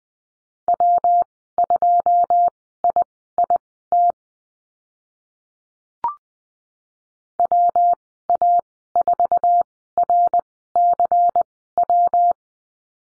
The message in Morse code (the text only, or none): W2IIT WA4RCW